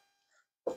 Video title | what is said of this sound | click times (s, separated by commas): Thermacell Proteus Plates Overview | Lock in the one side, lock in the other side, you hear it snap in. | 0.7 s